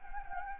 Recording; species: mosquito wingbeat signal from an infrared sensor; Anopheles gambiae